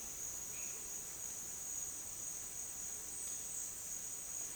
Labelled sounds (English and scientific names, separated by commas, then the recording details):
none
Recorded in dense forest near Puerto Asís, Putumayo, Colombia, on 29 June 2025 at 11:00
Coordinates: 0.484, -76.325
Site H65